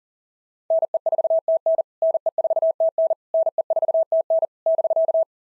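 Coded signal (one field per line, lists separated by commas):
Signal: Morse code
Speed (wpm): 40 wpm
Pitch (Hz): 660 Hz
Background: none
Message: NE4TN NE4TN NE4TN <BK>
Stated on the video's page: POTA exchange practice drill in Morse at 40 wpm, each exchange sent, spoken, then sent again.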